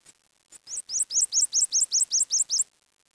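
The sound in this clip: Bird calls: a quick, evenly spaced run of many high, sharply upslurred chirps, then silence.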